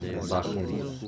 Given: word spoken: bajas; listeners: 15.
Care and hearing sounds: one Spanish word in noise, from a listening test; eight-talker babble; -2.7 dB; 1 of 15; 7 of 15; 0.68 s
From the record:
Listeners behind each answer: 7, 3, 1, 1, 1, 1, 1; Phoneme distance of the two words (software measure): 10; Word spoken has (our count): 2 syllables, 5 phonemes, stress on syllable 1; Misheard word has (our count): 2 syllables, 5 phonemes, stress on syllable 1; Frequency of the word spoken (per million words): 34.11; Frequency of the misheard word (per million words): 31.27

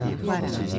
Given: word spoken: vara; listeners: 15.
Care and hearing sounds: one Spanish word in noise, from a listening test; eight-talker babble; -2.5 dB; 1 of 15; 6 of 15; 0.39 s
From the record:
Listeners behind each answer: 6, 1, 1, 1, 1, 1, 1, 1, 1, 1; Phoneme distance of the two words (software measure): 10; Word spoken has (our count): 2 syllables, 4 phonemes, stress on syllable 1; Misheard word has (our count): 2 syllables, 4 phonemes, stress on syllable 1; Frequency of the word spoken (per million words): 5.81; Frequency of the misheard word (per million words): 6962.26

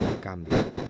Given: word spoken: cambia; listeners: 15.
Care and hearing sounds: one Spanish word in noise, from a listening test; noise modulated by one talker; -10.2 dB; 0 of 15; 8 of 15; 0.50 s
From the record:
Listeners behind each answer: 8, 1, 1, 1, 1, 1, 1, 1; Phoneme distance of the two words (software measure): 10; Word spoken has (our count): 2 syllables, 6 phonemes, stress on syllable 1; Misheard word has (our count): 2 syllables, 6 phonemes, stress on syllable 1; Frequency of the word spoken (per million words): 27.08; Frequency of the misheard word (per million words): 306.85

